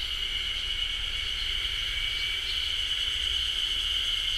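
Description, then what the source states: Ezo haru cicadas in a dense, continuous buzzing chorus, a steady high drone with no breaks. Chorus in a beech forest, Japan; recorded with a ZOOM H6.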